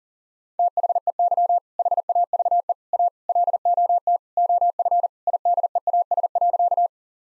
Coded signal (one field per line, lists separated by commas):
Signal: Morse code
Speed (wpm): 40 wpm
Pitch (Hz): 700 Hz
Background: none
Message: THEY HAVE A LOT OF IDEAS.